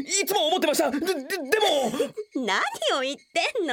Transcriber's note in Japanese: プッと吹き出す